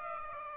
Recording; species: mosquito wingbeat signal from an infrared sensor; Aedes aegypti